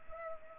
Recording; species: mosquito wingbeat signal from an infrared sensor; Culex pipiens